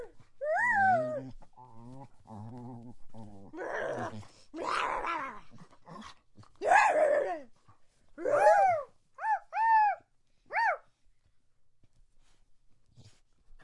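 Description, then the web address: Dog giving short, bending whines and yelps in separate bursts with pauses, mixed with low moaning sounds. Dog begging. "DOGZ 1 breed dog-begs"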